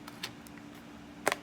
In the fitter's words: there's a click